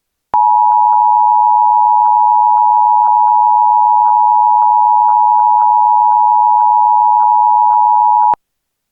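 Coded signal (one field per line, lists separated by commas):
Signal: Emergency Alert System (SAME) tones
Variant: 853 and 960 Hz attention tone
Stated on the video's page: Blue Alert issued in Georgia for a manhunt.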